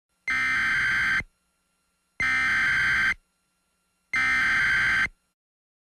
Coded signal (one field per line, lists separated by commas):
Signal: Emergency Alert System (SAME) tones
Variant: header bursts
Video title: EAS mock: the evil whoppers (VDS CG SCROLL TEST)